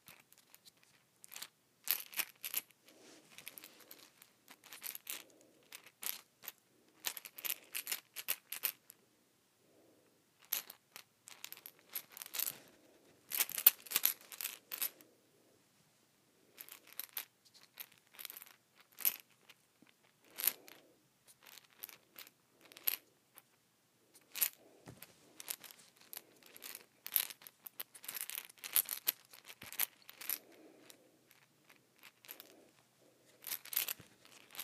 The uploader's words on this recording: ASMR: Glass of Sea Shells.